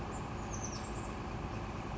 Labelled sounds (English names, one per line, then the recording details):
Oak Titmouse
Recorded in Sonoma County, California